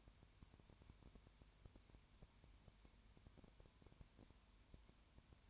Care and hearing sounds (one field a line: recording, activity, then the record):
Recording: daily activity, microphone in the room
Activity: no activity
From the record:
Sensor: 2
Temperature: 20.3 degrees Celsius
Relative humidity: 33.8%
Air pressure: 1003.1 hPa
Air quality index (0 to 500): 82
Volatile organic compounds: 1 ppm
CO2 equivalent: 779 ppm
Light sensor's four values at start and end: 2/3/2/2 and 2/3/2/2